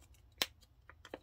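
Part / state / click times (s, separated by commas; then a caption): top half of a fillable plastic ornament onto its bottom half / seated / 0.4 s. The top half of a clear, fillable plastic heart ornament is pressed onto its filled bottom half and snaps into place with a sharp, bright click at 0.4 s. Fainter, softer ticks follow at about 0.9, 1.1 and 1.1 s. The top half is seated on the bottom half.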